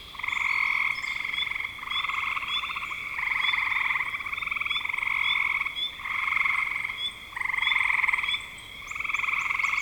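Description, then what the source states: Frogs give rattling, pulsed trills in bursts, with brief high chirps threaded through the chorus. Frogs calling in spring 2025.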